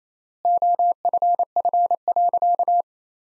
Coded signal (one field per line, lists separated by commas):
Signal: Morse code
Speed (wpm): 28 wpm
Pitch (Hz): 700 Hz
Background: none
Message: OFF.